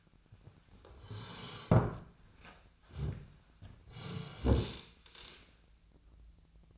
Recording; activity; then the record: daily activity, microphone in the room; sit down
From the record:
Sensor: 2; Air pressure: 1007.7 hPa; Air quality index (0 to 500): 180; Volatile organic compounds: 10 ppm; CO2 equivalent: 2206 ppm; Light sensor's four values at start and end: 10/23/10/10 and 10/23/10/10